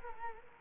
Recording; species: mosquito wingbeat signal from an infrared sensor; Culex quinquefasciatus